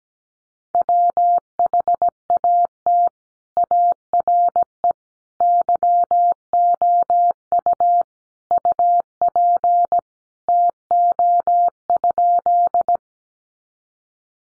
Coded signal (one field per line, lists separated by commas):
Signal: Morse code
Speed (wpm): 17 wpm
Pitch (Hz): 700 Hz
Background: none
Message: WHAT ARE YOU UP TO?